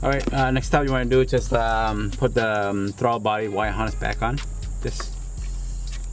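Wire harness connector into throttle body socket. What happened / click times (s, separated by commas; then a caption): The harness connector is handled but has not yet snapped home / none. Someone talks while handling the throttle body wire harness connector, about to push it back into the throttle body socket. Only a few faint, brief sounds are heard near the end, around 5.9 to 6.1 seconds. The connector has not snapped in or seated yet.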